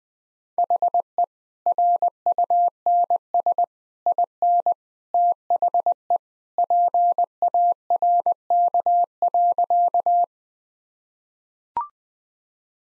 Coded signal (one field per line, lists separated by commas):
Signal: Morse code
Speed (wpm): 20 wpm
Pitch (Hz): 700 Hz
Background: none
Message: HE RUNS IN THE PARK.